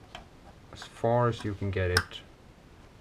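While reassembling a Ruger Mark 3 pistol bolt, a small metal bolt component is pushed in as far as it will go, with a tool held underneath, until it clicks back into place. A short sharp click is heard at 0.2 s, followed by a fainter tick at 0.7 s, and then someone talks. The part is seated back in the bolt.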